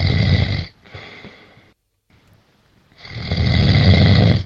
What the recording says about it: When you've got the snoring that I've got. It got that bad at home that I recorded that. Imagine lying next to this. All night.